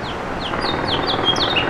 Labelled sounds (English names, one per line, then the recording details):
House Finch song
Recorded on Long Island, New York, on 27 June 2012
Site BE
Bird A